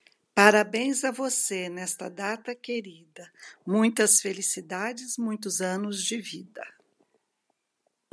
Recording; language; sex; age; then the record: short text; Brazilian Portuguese; female; 50 to 59 years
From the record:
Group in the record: control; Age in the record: 51 years